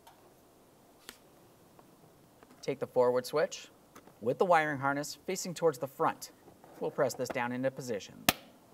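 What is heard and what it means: A forward plastic seat switch for a 2002-2009 Chevrolet Trailblazer, with its wiring harness facing the front, is handled and lined up to be pressed down into a new seat side trim panel while someone talks. A few faint, sharp ticks of handling are heard, and nothing has seated or clicked into the panel yet.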